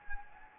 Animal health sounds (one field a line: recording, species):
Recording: mosquito wingbeat signal from an infrared sensor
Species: Anopheles gambiae